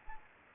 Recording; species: mosquito wingbeat signal from an infrared sensor; Anopheles gambiae